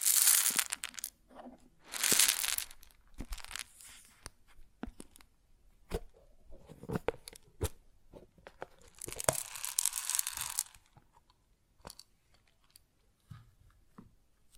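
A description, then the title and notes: Grain shifts and pours in gritty, hissing rushes, with bright loud bursts near the start, around two seconds, and again from about nine to eleven seconds. Between them come scattered crunches and sharp clicks, thinning toward a quieter, sparser close. ASMR Grain Sounds (No Talking).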